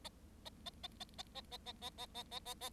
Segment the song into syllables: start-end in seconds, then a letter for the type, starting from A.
0.45-0.49 A, 0.66-0.70 A, 0.83-0.88 A, 1.00-1.04 A, 1.18-1.23 A, 1.34-1.41 A, 1.51-1.57 A, 1.65-1.72 A, 1.81-1.90 A, 1.98-2.06 A, 2.14-2.23 A, 2.31-2.39 A, 2.45-2.54 A, 2.60-2.69 A